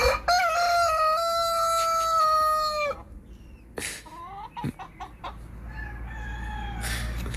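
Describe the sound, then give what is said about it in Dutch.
A rooster at a family home, a natural alarm clock, crows one long, loud cock-a-doodle-doo with a sustained, strained harmonic call, followed by softer clucking and scattered farmyard chicken noises. “Ja, ik had een natuurlijke wekker thuis, ja.”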